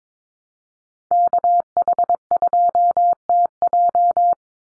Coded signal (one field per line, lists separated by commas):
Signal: Morse code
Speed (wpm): 22 wpm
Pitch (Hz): 700 Hz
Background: none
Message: KH2TJ